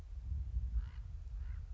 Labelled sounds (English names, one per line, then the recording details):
Common Raven
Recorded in Sonoma County, California